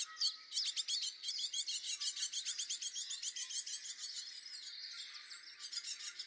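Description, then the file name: Great tit calls: a dense run of rapid, high, thin chips and short buzzy notes, fast and fairly steady, easing off toward the end with a brief burst again. "Parus major"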